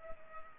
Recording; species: mosquito wingbeat signal from an infrared sensor; Culex pipiens